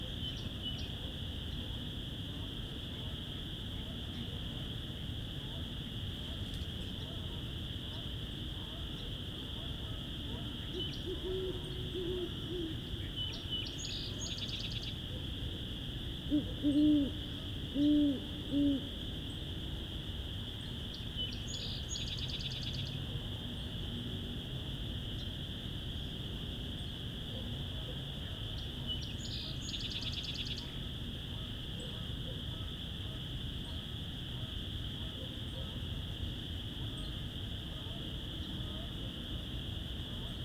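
Dusk in the Vinemount Swamp brings a steady, high insect-like drone that runs unbroken through the whole recording over a low rumble. Around 17 and 18 seconds, two short hooting calls stand out, and faint bright chirps surface near 15, 22 and 30 seconds.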